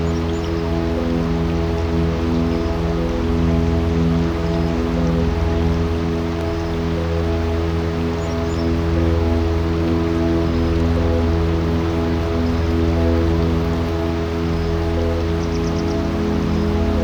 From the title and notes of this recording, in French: Au son des lacs #2 - le lac du Fischboedle. Le Fischboedle est un lac d'origine glaciaire surplombé par le Spitzkoepfle dans la forêt de la Wormsa. Le son du lac du Fischboedle.